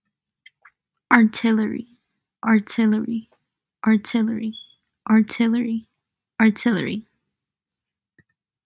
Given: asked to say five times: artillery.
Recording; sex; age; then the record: repeated word; female; 20 to 29 years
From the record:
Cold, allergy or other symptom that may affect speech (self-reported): no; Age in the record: 22 years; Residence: Oklahoma, United States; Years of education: 14